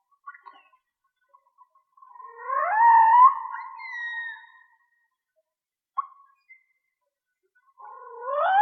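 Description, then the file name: Whale song: a rising, swooping moan with a brief higher whistled glide, then a short tonal blip and another upward sweep at the end. Mono recording. "Whale Song-colin"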